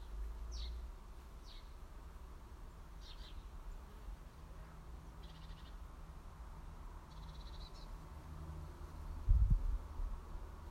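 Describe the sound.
House sparrow chirps, a few short scattered notes over low background rumble, with a brief thump near the end.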